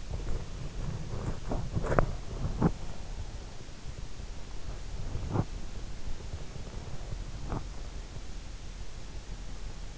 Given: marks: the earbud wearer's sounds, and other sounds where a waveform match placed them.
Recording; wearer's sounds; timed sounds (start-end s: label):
sounds in sleep by an in-ear microphone; body movement
0.00-3.00 s: body movement